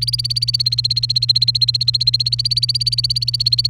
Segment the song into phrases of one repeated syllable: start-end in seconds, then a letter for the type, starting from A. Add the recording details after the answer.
0.00-3.69 A. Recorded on 29 April 2018 at 07:03. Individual llb3